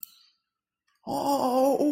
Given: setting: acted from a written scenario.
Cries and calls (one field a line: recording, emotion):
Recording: vocal sound without words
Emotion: distress